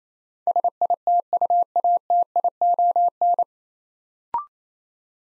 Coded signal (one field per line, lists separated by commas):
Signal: Morse code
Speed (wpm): 27 wpm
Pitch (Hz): 700 Hz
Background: none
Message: SITUATION